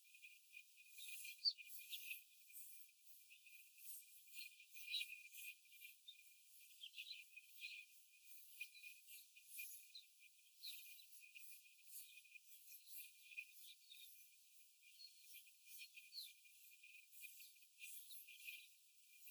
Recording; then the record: young laying hens in a cage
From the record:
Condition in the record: after the stressor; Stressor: simulated dog barking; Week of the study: 4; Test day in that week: 1